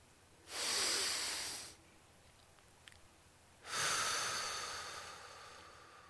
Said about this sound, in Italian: Tossisca. Respiri. Trattenga il fiato.